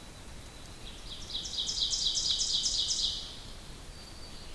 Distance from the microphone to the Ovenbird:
about 40 m